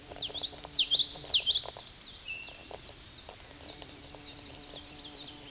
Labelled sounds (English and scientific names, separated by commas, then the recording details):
Common Yellowthroat (Geothlypis trichas) song
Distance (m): 5 m
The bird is about level with the microphone
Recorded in a Pennsylvania forest on 16 May 2024 at 09:50
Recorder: AudioMoth, point MSD-1342
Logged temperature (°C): 15.5 °C
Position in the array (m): 224 m, 186 m